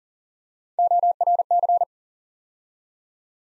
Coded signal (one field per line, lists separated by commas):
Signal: Morse code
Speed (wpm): 40 wpm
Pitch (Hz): 700 Hz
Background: none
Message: ORC